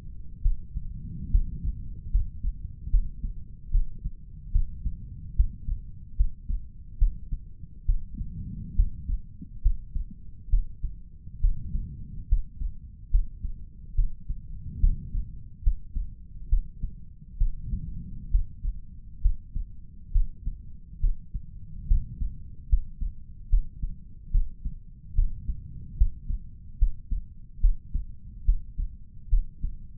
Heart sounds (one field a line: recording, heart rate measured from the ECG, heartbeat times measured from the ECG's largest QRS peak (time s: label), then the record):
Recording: heart sounds by stethoscope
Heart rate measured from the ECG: 71 bpm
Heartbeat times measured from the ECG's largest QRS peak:
0.42 s: heartbeat
1.31 s: heartbeat
2.11 s: heartbeat
2.90 s: heartbeat
3.71 s: heartbeat
4.52 s: heartbeat
5.36 s: heartbeat
6.16 s: heartbeat
6.98 s: heartbeat
7.86 s: heartbeat
8.76 s: heartbeat
9.62 s: heartbeat
10.50 s: heartbeat
11.40 s: heartbeat
12.28 s: heartbeat
13.11 s: heartbeat
13.95 s: heartbeat
14.80 s: heartbeat
15.63 s: heartbeat
16.49 s: heartbeat
17.38 s: heartbeat
18.31 s: heartbeat
19.21 s: heartbeat
20.12 s: heartbeat
21.00 s: heartbeat
21.87 s: heartbeat
22.69 s: heartbeat
23.49 s: heartbeat
24.31 s: heartbeat
25.15 s: heartbeat
25.97 s: heartbeat
26.78 s: heartbeat
27.60 s: heartbeat
28.45 s: heartbeat
29.29 s: heartbeat
From the record:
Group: healthy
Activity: rest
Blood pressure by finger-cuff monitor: 115/72 mmHg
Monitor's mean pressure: 89 mmHg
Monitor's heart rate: 71 bpm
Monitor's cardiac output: 5.8 L/min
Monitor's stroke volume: 80 mL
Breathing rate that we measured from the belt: 18 breaths a minute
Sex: male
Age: 35 years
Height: 178 cm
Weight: 64 kg